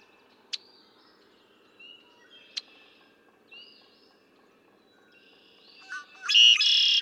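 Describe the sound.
Red-winged blackbird singing, with two sharp clicks and a couple of short whistled notes before a loud, rasping, buzzy trill that ends the phrase; faint background noise.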